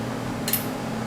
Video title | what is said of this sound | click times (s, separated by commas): Head Gasket & Timing Ford Ranger/Mazda B "How To" | and it clicks immediately | 0.5 s